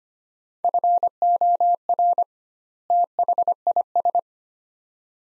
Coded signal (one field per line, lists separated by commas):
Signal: Morse code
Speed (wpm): 25 wpm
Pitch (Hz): 700 Hz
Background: none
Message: FOR THIS